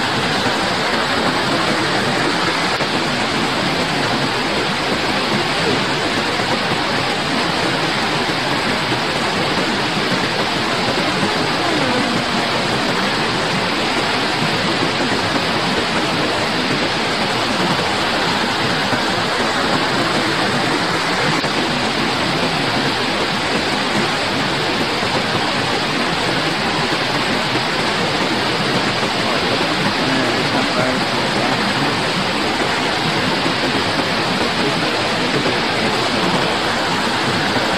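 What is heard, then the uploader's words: A waterfall roars steadily and densely for the whole stretch, a thick, unbroken rush with no pauses or swells. The sound is full, weighted in the middle with a hissing upper edge, and the level stays constant throughout. One uninterrupted hour of waterfall sounds.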